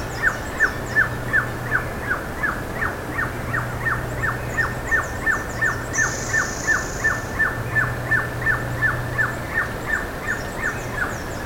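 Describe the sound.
Bird giving a long, regular run of sharp downslurred notes, close to three per second. Scattered high twittering and a faint low drone sit behind.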